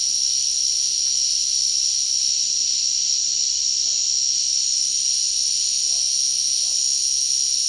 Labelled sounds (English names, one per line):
none